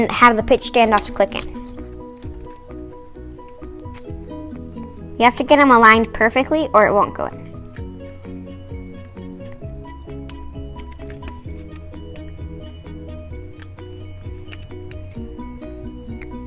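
A VEX IQ plastic connector piece is lined up and pressed against a plastic robot kit structure while someone talks over background music, with a few faint ticks of handling. Nothing has snapped or seated yet by the end of the clip.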